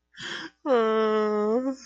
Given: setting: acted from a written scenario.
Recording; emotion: vocal sound without words; sadness